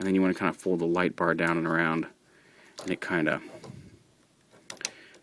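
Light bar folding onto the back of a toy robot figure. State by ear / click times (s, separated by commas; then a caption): not seated / none. Someone talks while the plastic light bar on a toy robot figure is folded down and around onto its back, followed by a few sharp plastic contact taps around 4.7 s and 4.9 s. Nothing has clicked or locked into place; the light bar only sits down far enough to hold the armor on.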